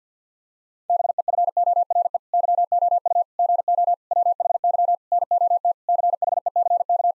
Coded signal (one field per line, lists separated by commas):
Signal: Morse code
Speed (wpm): 50 wpm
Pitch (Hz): 700 Hz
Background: none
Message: BEFORE YOU GO WHY NOT CHECK